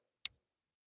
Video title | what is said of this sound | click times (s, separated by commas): Hands-On DIY Solar Panel Course with Solar Wholesale! *EXCLUSIVE EVENT DISCOUNTS* | this is so we only got male the female and you're going to hear an audible click | 0.3 s